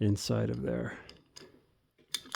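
A lock core is being dropped into the lock housing of a Yakima Skyline roof rack tower. Someone talks at first, then a few faint taps and knocks are heard at about 1.4, 2.1 and 2.4 seconds. Nothing has seated or clicked yet, and the core is still short of going home.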